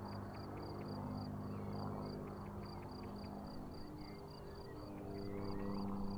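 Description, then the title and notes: Cricket chirps repeat steadily at a high pitch while an engine hums low and birds add short twittering notes. Crickets chirping on an unnamed road at Vogtsburg im Kaiserstuhl, Germany, overlooking a wide plain, with small aircraft engine noise. "Unnamed Road, 79235 Vogtsburg im Kaiserstuhl, Deutschland - Grillen zirpen. Zirpen der Grillen. Motorenlärm eines Kleinflugzeugs"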